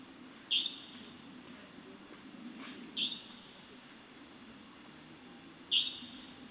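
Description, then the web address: European nightjar giving three short, sharp high notes at uneven intervals against a soft low background rumble. "common nightjar call sound effect"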